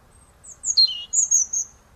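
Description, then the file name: European robin giving a brief, very high, sweet warbled phrase with quick descending and rising thin notes. "Erithacus rubecula"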